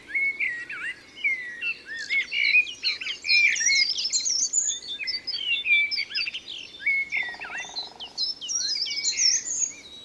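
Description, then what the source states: Common blackbird giving flowing, fluty song phrases among a chorus of high chirping birds, with a short buzzy rattle heard late on. Recorded in Isère, France.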